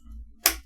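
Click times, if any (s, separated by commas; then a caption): 0.5 s. A memory module is slid into a motherboard DIMM slot (slot 2 or 4) and pressed down until the retention latches snap shut. A single sharp, bright click rings out at 0.5 s over a low steady hum, then fades quickly. The RAM module is seated.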